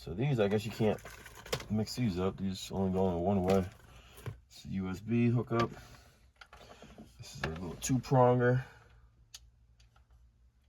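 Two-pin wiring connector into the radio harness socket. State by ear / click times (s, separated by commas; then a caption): not seated / none. Someone talks while handling wiring plugs for an aftermarket Android radio in a Honda Accord, including a USB hookup and a small two-pin plastic wiring connector meant for the radio's harness socket. Faint handling ticks are heard around 6.4, 6.5 and 9.4 seconds. The two-pin connector has not yet been plugged in, and nothing has seated or clicked yet.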